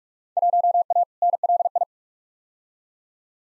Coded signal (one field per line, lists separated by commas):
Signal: Morse code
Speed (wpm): 46 wpm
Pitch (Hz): 700 Hz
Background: none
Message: 1A NLI